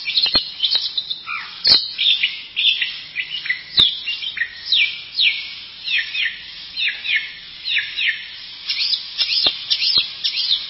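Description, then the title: Bird singing a lively stream of high, sweeping whistles and chirps, rising and falling quickly in pitch, with a few sharp clicks in between. "burung"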